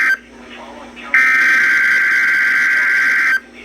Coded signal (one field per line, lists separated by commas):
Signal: Emergency Alert System (SAME) tones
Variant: header bursts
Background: speech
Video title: Required Weekly Test on NWR (EAS #43) 2022/07/27